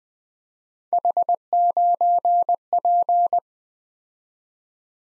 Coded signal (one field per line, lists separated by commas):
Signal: Morse code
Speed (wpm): 20 wpm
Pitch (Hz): 700 Hz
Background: none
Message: H9P